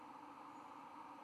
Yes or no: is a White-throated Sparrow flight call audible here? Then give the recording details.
no. No flight call is heard. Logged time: 22:46 on 23 November 2014